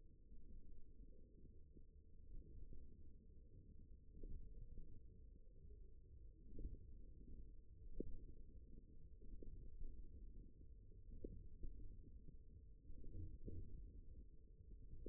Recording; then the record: forearm muscle sounds (acoustic myography)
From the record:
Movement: ulnar deviation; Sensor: system 1, eight BSWA MPA416 microphones around the upper forearm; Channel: 4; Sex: male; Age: 54 years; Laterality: right